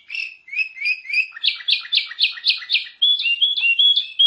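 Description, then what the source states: Nightingale song: a run of slurred chirps, then a fast series of loud repeated notes, ending in clear alternating whistles. Masteran recording, used to teach captive songbirds to sing.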